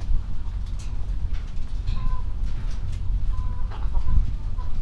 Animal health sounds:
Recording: poultry house recording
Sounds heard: healthy chickens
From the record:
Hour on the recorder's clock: 21

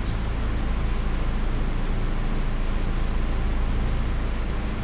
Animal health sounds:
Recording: poultry house recording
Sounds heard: no chicken sound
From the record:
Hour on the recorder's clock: 22

